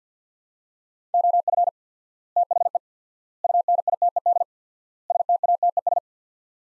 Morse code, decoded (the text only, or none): OF THE UNITED STATES